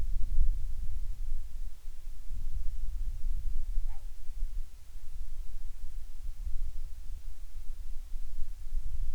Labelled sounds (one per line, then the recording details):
bird
wind
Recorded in the Prudhoe Bay oil fields, Alaska, on 10 July 2019 at 14:36
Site 14